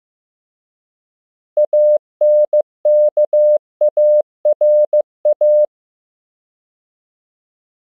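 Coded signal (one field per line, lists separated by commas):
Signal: Morse code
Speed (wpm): 15 wpm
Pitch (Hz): 600 Hz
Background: none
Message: ANKARA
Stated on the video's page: Morse practice at 15 WPM: mixed English words and ham QSO patterns, each followed by time to copy by ear; generated by a Morse app.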